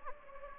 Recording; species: mosquito wingbeat signal from an infrared sensor; Anopheles gambiae